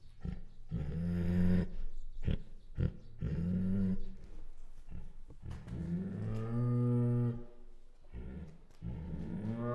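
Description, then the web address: Bengal tiger alternating short puffing chuffs with low moaning whines, several rising and falling harmonic calls over ten seconds. Female Bengal tiger; chuffs, growls and whines. "Sound Ideas Tigers Sound Effects Female Bengal Tiger Chuffs, Growls and Whines"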